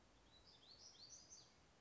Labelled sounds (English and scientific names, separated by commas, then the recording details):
Black-throated Gray Warbler (Setophaga nigrescens)
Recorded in Sonoma County, California